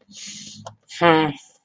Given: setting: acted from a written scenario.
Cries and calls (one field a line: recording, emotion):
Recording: vocal sound without words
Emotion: contentment